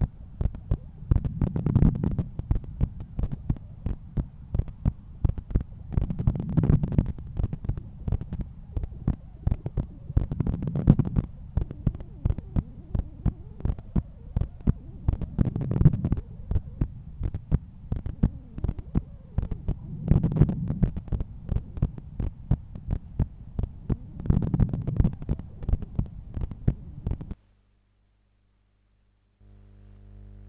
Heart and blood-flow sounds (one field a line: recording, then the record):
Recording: heart sounds by stethoscope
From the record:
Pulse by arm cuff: 86 bpm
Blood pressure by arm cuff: 138/86 mmHg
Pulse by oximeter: 83 bpm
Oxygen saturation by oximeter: 97%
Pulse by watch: 99 bpm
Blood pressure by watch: 123/80 mmHg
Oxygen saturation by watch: 95%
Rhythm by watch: sinus rhythm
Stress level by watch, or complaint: low stress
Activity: after 5 min smoking and coffee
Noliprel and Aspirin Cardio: after pills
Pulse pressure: 52 mmHg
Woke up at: 7:30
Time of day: 8:57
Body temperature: 36.4 C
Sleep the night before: 8 h 32 min, score 78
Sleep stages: REM 32%, light 50%, deep 12%, awake 6%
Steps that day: 9500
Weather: sunny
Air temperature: 15.6 C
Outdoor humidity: 83%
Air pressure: 1014 hPa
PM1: 15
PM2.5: 19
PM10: 35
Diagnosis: hypertension, treated with Noliprel and Aspirin Cardio 100 mg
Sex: male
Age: 53 years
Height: 174 cm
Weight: 81 kg